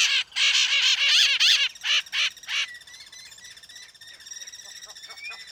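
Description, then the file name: Bird giving a rapid series of harsh, buzzy squawks for about two and a half seconds, then quieter scratchy chatter and a faint rising whistle. "SABIOD 50 bird 2015"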